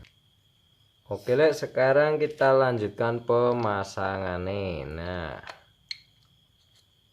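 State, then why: Not seated. Metal front CVT pulley parts, with the rollers inside, are handled for reassembly on a Mio scooter transmission. Someone talks from about 1.1 to 5.5 s, then a single short, sharp tap sounds at about 5.9 s before quiet returns. Nothing has seated or clicked yet; the parts have not joined into one unit.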